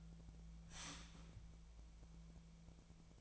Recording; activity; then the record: daily activity, microphone in the room; start toaster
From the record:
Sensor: 1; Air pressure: 1000.3 hPa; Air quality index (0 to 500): 153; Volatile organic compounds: 3 ppm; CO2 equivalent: 1438 ppm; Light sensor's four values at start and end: 31/76/32/39 and 31/76/32/39